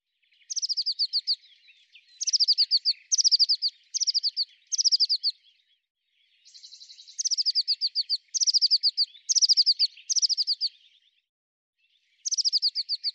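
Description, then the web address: Eurasian blue tit calls in short bursts of rapid, high, descending notes, repeated with brief gaps and a couple of longer pauses; no other sounds. "cianscape birddata Deverinetal 2025 File cleaned normalized Bird Cy Ca"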